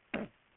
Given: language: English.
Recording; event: throat vibration sensor signal played as sound; cough